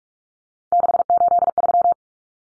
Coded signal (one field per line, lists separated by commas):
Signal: Morse code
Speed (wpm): 44 wpm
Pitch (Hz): 700 Hz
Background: none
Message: 683